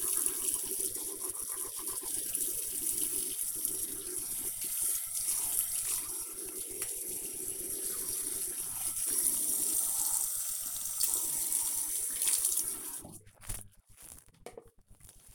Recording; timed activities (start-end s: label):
household activities, microphone on the right wrist
0.00-13.00 s: brushing teeth